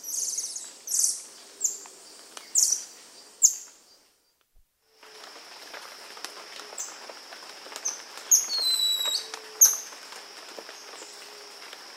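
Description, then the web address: Golden lion tamarin calls: sharp high chirps repeated about once a second, a brief pause, then thin sustained whistles and short falling notes. South American rainforest primate. "Natures Songs S America Primates of the Rainforest Golden lion tamarin"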